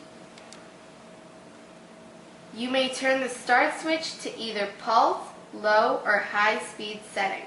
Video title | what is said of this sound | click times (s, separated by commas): Chef Pro Wet & Dry Grinder CPG501 | turn the cover counterclockwise until it clicks and locks in position | 0.5 s